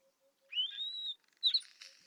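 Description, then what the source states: Isabelline Wheatear: a long, thin, slightly rising whistle from a wheatear, followed by a short harsh buzzy note. A faint low note sounds a few times beforehand. Recorded at Telmen Nuur, Mongolia.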